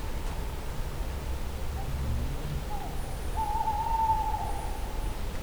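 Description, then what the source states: Tawny owl hooting faintly, a long wavering hoot held for about two seconds near the end, over a steady low rumble of background noise. Recorded in nature at night in 2015, owl in the distance, with a cardioid microphone.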